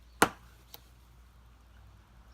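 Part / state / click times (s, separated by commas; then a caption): plastic bumper retaining clip into bumper trim hole / seated / 0.2 s. A plastic push-type bumper retaining clip is pressed into its hole in the bumper trim or fender liner of a Honda Accord, holding the trim back in place after a turn signal bulb change. A sharp, bright click at 0.2 s marks the clip seating, followed by a faint tick at about 0.7 s and then quiet. The clip is seated.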